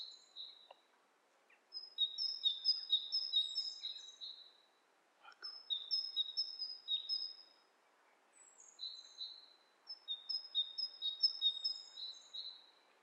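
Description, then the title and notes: Bird calls: several bursts of rapid, high paired chirps with short silent pauses between them. Two birds interacting; lo-fi recording. "bird dialogs. lo-fi recording of two birds interacting"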